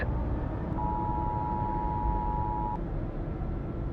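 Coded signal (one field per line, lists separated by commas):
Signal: Emergency Alert System (SAME) tones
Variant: 853 and 960 Hz attention tone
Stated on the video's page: Fictional EAS scenario in a simulated zombie-apocalypse radio broadcast.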